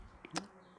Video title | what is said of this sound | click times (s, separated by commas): SKX MOD Part2 - Saphire Crystal | use the press made it much easier and clicked into place | 0.4 s